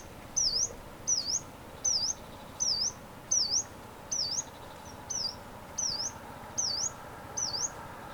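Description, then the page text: Yellow-browed warbler repeating a piercing, high slurred note that dips and rises again, ten times in quick succession. "Frank Lambert - Пеночка-зарничка (Phylloscopus inornatus)"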